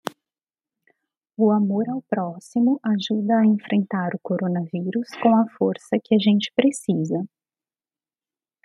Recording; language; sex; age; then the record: spoken sentence; Brazilian Portuguese; female; 40 to 49 years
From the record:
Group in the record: control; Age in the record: 44 years